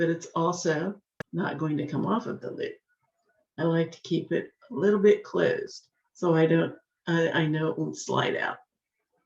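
A slightly closed metal jewelry loop is handled near a jump ring while someone talks, and a brief faint tick is heard around 1.2 seconds. The loop has not yet snapped into the jump ring, and nothing has seated or clicked yet.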